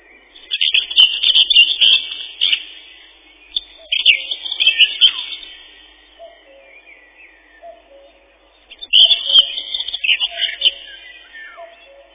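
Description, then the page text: Common whitethroat song: scratchy, chattering warbled phrases in several bursts, with soft whistles in the pauses. Song a chattering 'tirli-vi-tir-li-chet-chit-chitirli'. "Серая славка, или славка-говорунчик — Sylvia communis. Пение. Песня — щебетание “тирли-ви-тир-ли-чет-чит-читирли”"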